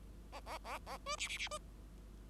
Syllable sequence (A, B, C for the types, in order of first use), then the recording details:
A A A A B C C C B. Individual Bird5